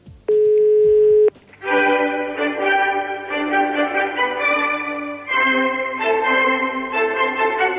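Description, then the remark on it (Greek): A telephone call to the Maximos Mansion: a steady electronic tone lasts about a second, then breaks into a long, buzzy, harmonic-rich tone that holds steadily and shifts pitch slightly partway through. “Και επειδή πάλι όλα αυτά είναι στενάχωρα, πάλι τηλέφωνο στο Μέγαρο Μαξίμου για να βγάλουμε άκρη.”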